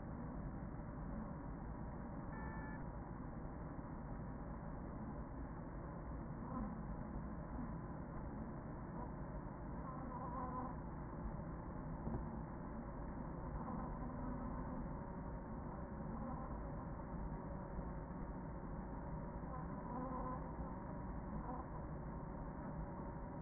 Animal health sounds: honeybee colony, microphone inside the hive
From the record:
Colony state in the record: queen present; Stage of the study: after two queens were removed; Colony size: about 40,000 bees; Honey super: no

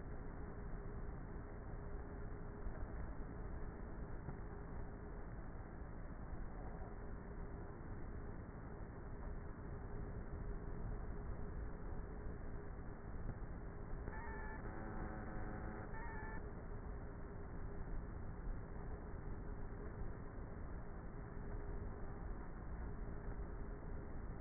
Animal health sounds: honeybee colony, microphone inside the hive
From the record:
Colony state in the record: queenless with a low population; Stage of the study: before two queens were removed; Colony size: about 30,000 bees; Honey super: no

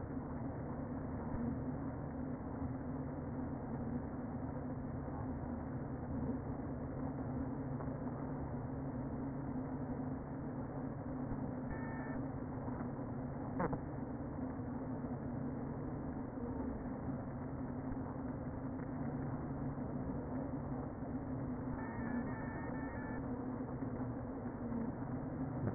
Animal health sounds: honeybee colony, microphone inside the hive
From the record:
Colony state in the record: queen present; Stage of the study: before two queens were removed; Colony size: about 60,000 bees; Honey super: yes

